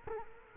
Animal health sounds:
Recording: mosquito wingbeat signal from an infrared sensor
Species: Culex quinquefasciatus

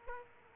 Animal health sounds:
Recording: mosquito wingbeat signal from an infrared sensor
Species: Aedes aegypti

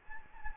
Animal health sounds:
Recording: mosquito wingbeat signal from an infrared sensor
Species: Anopheles gambiae

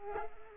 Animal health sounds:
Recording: mosquito wingbeat signal from an infrared sensor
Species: Culex quinquefasciatus

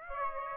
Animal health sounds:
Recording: mosquito wingbeat signal from an infrared sensor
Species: Aedes aegypti

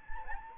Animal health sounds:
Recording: mosquito wingbeat signal from an infrared sensor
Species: Anopheles gambiae

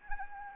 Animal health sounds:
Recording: mosquito wingbeat signal from an infrared sensor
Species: Anopheles arabiensis

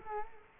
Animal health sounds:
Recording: mosquito wingbeat signal from an infrared sensor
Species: Culex quinquefasciatus

